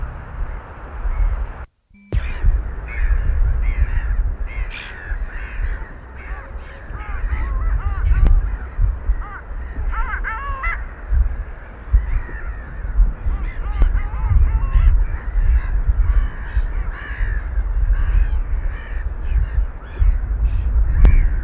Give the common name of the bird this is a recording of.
Long-tailed Duck